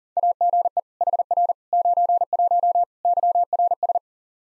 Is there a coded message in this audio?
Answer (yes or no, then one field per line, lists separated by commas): yes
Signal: Morse code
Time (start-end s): 0.2-4.0 s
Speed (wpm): 40 wpm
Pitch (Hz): 700 Hz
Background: none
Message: AGE HR 91 YRS